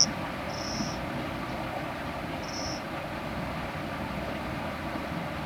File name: Nesobia mjobergi B